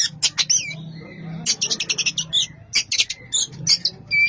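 Oriental magpie-robin song made of loud buzzy rasping notes and a few thin whistles, delivered in fast clusters separated by short pauses, over a low hum.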